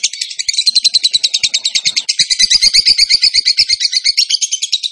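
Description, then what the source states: Bird song: a fast, steady stream of high, sharp repeated notes running unbroken for the whole five seconds, with faint low clicks underneath. Masteran (training recording) for birds, in the tembakan gacor song style.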